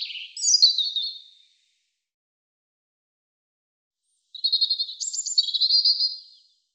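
European robin song: a high, thin warbling phrase with quick descending notes, a long pause, then a second jangling, trilled phrase mixing sweet whistles and rapid twitters; otherwise silent.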